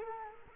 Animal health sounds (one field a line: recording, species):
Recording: mosquito wingbeat signal from an infrared sensor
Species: Culex quinquefasciatus